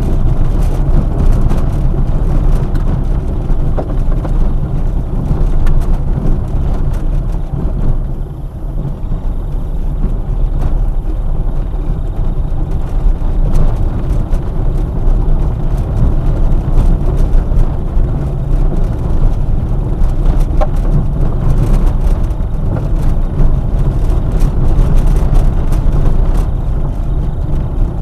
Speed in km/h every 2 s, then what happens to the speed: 24, 21, 19, 18, 17, 22, 26, 27, 25, 24, 24, 26, 27, 27.
0-8 slows to 17. 8-12 speeds up to 26. 12-28 steady at about 26.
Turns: 0-10.